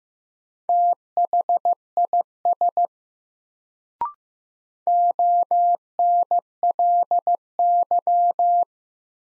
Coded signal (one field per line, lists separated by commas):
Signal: Morse code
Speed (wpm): 15 wpm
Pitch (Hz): 700 Hz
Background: none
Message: THIS ONLY